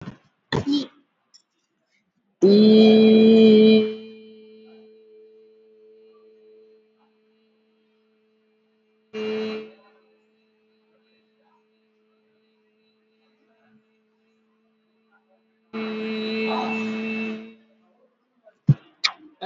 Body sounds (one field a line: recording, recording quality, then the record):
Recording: sustained vowel as in beet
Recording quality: excellent, no background noise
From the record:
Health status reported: healthy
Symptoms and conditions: cough, fever, muscle pain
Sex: female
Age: 46 years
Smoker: no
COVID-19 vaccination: both doses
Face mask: worn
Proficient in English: yes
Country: India